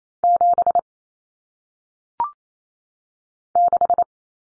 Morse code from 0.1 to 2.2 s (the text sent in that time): 7